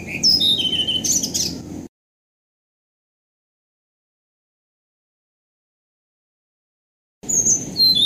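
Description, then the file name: Blue-throated flycatcher song: a quick phrase of sweet, high descending whistles, a long silence, then another phrase beginning, all above a low rumble. "kicau sikatan blue throated. omkicau"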